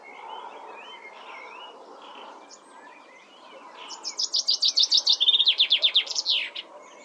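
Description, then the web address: Common chaffinch song: after several seconds of softer sounds, a fast trill of bright notes steps lower and ends in a sharp downward flourish. "Deverinetal"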